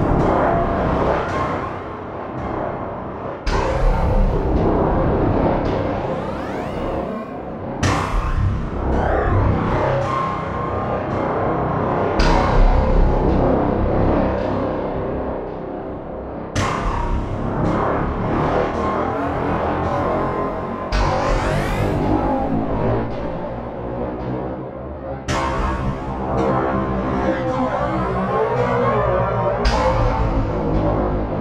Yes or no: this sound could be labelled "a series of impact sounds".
yes